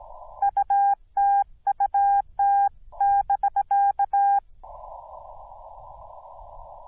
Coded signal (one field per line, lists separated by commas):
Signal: Morse code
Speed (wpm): 16 wpm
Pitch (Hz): 800 Hz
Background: none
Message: UTUT <BK>